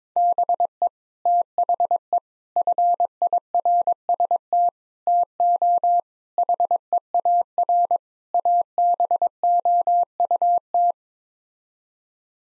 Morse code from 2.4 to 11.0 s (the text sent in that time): FIRST TO HEAR ABOUT